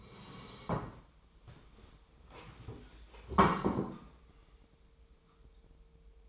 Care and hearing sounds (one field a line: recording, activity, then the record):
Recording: daily activity, microphone in the room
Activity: sit down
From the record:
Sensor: 1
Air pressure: 1005.4 hPa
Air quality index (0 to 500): 124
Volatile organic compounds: 5 ppm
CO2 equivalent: 1733 ppm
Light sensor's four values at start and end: 11/26/10/11 and 11/27/11/12